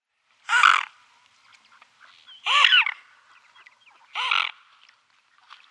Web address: Schulze Peter Mute Swan